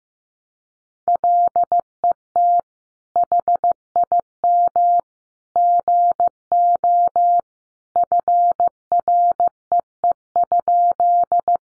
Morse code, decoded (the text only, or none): LET HIM GO FREE?